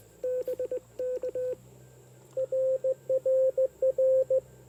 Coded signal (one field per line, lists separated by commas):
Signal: Morse code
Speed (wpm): 19 wpm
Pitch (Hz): 500 Hz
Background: radio noise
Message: BK RRR